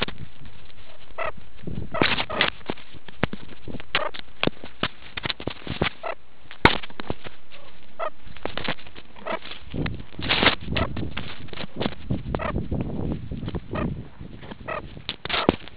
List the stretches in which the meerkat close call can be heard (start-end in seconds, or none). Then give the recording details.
1.16-1.32, 1.91-2.47, 3.94-4.09, 6.02-6.15, 7.97-8.10, 9.25-9.37, 10.71-10.87, 12.38-12.53, 13.71-13.87, 14.66-14.80, 15.30-15.47. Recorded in the Kuruman River Reserve, South Africa. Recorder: an audio tag on a meerkat's collar